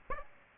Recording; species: mosquito wingbeat signal from an infrared sensor; Aedes aegypti